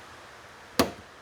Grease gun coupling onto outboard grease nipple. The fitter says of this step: and you should hear a click